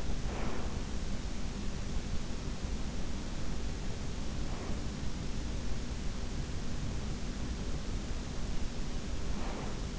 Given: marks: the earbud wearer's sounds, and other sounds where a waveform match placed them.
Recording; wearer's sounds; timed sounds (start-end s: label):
sounds in sleep by an in-ear microphone; breath
0.00-0.89 s: breath
9.06-9.99 s: breath